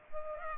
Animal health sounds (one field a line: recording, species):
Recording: mosquito wingbeat signal from an infrared sensor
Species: Culex pipiens